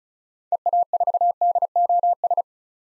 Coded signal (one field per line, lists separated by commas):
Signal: Morse code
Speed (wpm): 36 wpm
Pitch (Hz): 700 Hz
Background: none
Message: EA4DOS